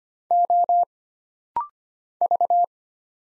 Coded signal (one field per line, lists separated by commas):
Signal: Morse code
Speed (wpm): 25 wpm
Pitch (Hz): 700 Hz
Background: none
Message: O V